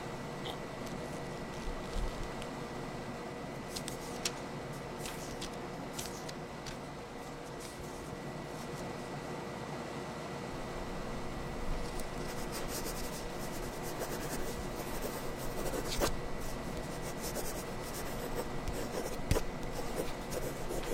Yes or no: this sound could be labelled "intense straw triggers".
no